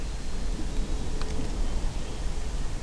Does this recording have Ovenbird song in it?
no